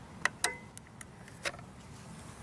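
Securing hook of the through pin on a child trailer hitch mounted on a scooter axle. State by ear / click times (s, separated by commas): seated / 0.2 s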